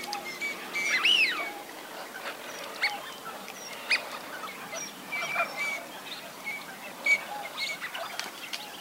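Teal calls: many overlapping short whistles and chirps from a flock, with one louder rising-and-falling whistle early on, over a steady hiss.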